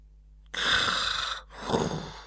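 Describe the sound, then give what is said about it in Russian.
A voice imitates a man asleep on a couch snoring, with two breathy, rasping breaths, a longer one followed after a short pause by a second. Both are fairly loud, with no talking. “Храпел он.”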